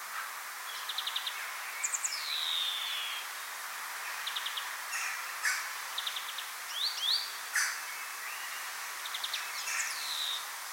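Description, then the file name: European greenfinch: repeated brief trilled chatter alternating with swept, wheezy notes every second or two, some sharp clicks between, over a hissy background. Nominate subspecies Chloris chloris chloris. "Groenling - Chloris chloris chloris"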